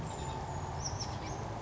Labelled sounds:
Brown Creeper

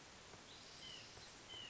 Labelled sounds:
White-breasted Nuthatch

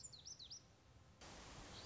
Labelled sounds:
Lazuli Bunting

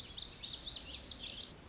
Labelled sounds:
Lazuli Bunting

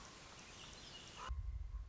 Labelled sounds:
Common Raven

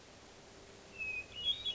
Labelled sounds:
Hermit Thrush

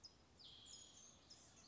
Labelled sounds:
California Towhee

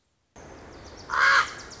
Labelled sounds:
Wilson's Warbler

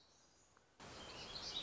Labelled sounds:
Black-throated Gray Warbler

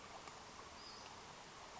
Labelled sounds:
Western Flycatcher

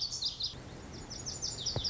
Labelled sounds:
Lazuli Bunting

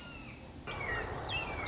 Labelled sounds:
Red-shouldered Hawk

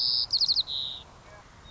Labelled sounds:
White-crowned Sparrow

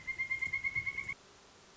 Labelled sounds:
Pileated Woodpecker

